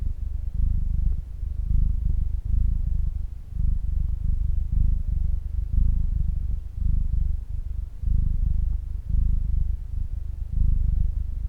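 Cat purr, a continuous low rumble pulsing in slow regular waves.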